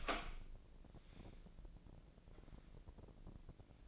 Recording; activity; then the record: daily activity, microphone in the room; open door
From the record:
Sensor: 5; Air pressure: 1012.4 hPa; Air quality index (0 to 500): 159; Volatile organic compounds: 2 ppm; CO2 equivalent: 1086 ppm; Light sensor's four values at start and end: 227/551/231/252 and 230/561/234/257